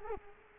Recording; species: mosquito wingbeat signal from an infrared sensor; Culex quinquefasciatus